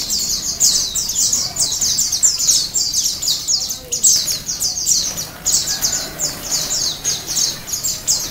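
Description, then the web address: White-eye chorus of rapid, high-pitched twittering notes that pour out in steady overlapping bursts throughout. Ombyokan style, many white-eyes singing together. "pleci ombyokan. masteran pleci"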